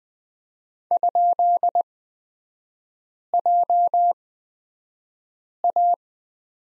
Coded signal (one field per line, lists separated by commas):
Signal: Morse code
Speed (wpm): 20 wpm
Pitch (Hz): 700 Hz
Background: none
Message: ?JA